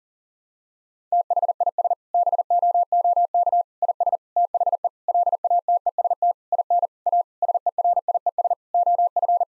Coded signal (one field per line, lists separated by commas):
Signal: Morse code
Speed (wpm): 40 wpm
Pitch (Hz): 700 Hz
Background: none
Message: THIS BOOK IS THE LATEST IN A SERIES OF